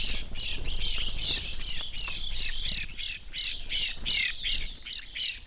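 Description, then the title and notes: Evening grosbeak flock chattering, overlapping shrill burry notes in quick irregular bursts, several birds calling at once. Flock feeding on sunflower seeds at a backyard feeder hanging in a birch tree; relatively warm winter morning; McCloud, Siskiyou County, California; two microphones on either side of the tree trunk. "McCloud in Siskiyou County, California. It was a relatively warm winter morning, and a flock of Evening Grosbeaks was busily eating a breakfast of sunflower seeds"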